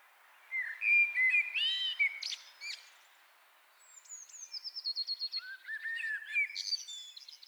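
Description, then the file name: Common blackbird producing a loud fluty warble with squeaky flourishes, a short gap, then a fast series of thin, high chittering notes and whistles. "Turdus merula"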